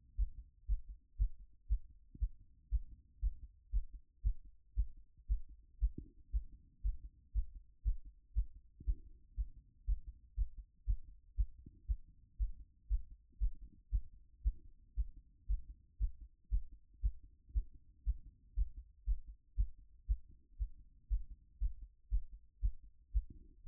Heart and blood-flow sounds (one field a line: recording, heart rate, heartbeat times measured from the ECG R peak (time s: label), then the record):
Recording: heart sounds by stethoscope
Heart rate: 118 bpm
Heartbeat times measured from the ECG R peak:
0.17 s: heartbeat
0.67 s: heartbeat
1.18 s: heartbeat
1.68 s: heartbeat
2.19 s: heartbeat
2.70 s: heartbeat
3.21 s: heartbeat
3.72 s: heartbeat
4.23 s: heartbeat
4.75 s: heartbeat
5.28 s: heartbeat
5.80 s: heartbeat
6.32 s: heartbeat
6.83 s: heartbeat
7.33 s: heartbeat
7.84 s: heartbeat
8.34 s: heartbeat
8.85 s: heartbeat
9.36 s: heartbeat
9.86 s: heartbeat
10.36 s: heartbeat
10.86 s: heartbeat
11.36 s: heartbeat
11.87 s: heartbeat
12.38 s: heartbeat
12.89 s: heartbeat
13.39 s: heartbeat
13.91 s: heartbeat
14.43 s: heartbeat
14.95 s: heartbeat
15.47 s: heartbeat
15.99 s: heartbeat
16.50 s: heartbeat
17.02 s: heartbeat
17.53 s: heartbeat
18.05 s: heartbeat
18.55 s: heartbeat
19.06 s: heartbeat
19.56 s: heartbeat
20.07 s: heartbeat
20.58 s: heartbeat
21.09 s: heartbeat
21.60 s: heartbeat
22.10 s: heartbeat
22.61 s: heartbeat
23.13 s: heartbeat
23.64 s: heartbeat
From the record:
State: after exercise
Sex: female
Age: 24 years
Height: 178 cm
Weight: 71 kg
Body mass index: 22.41